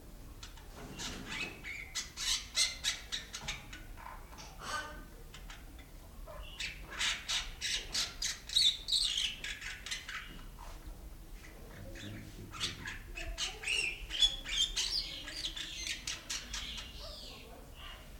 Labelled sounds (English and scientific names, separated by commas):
Bali Myna (Leucopsar rothschildi)